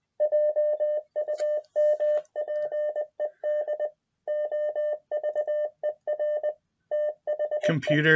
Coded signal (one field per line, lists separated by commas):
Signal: Morse code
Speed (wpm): 20 wpm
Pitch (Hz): 600 Hz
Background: speech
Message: JUMPED OVER THE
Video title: Learning Morse Code with Echo Dot